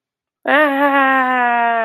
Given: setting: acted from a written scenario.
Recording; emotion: vocal sound without words; anger